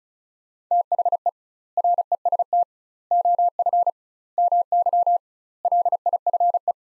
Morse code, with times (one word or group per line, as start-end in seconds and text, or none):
0.7-1.3 THE
1.8-2.6 REST
3.1-3.9 OF
4.4-5.2 MY
5.6-6.7 LIFE